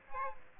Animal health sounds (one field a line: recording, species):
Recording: mosquito wingbeat signal from an infrared sensor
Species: Aedes aegypti